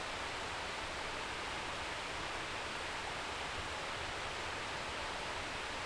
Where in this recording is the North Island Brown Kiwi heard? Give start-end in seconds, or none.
none